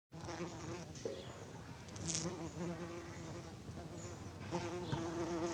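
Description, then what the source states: Bees humming, a soft droning buzz with shifting tones. Bees on honeysuckle.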